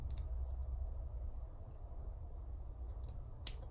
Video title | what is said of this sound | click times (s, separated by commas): 1983 3rd gen ls swap update 4 fuse box and relays | it too far there we go click all right so | 3.5 s